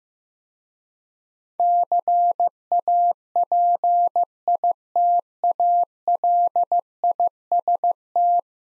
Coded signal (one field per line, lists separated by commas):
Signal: Morse code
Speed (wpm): 15 wpm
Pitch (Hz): 700 Hz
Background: none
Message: CAPITALIST